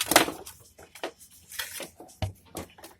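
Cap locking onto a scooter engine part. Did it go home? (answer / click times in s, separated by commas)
no / none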